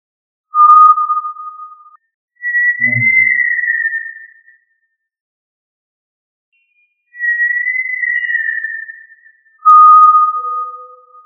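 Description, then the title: Tinamou giving long pure whistles, a lower steady note and a higher slightly falling one, in the order low, high, high, low, separated by silent pauses; a brief low thud early on. "Familia Tinamidae - Quail - Puyuh"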